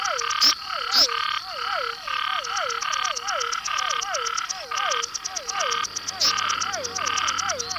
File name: Scinax Argyreornatus